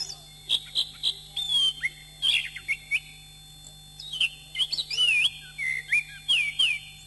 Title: Kicau Kacer